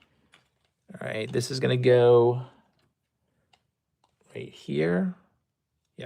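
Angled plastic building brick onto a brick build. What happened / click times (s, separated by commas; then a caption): A small plastic piece is being positioned; it has not clicked home yet / none. Someone talks while handling an angled plastic LEGO piece, positioning it over the studs of a brick build, with only a few faint small ticks between the words. Nothing has seated or clicked into place yet.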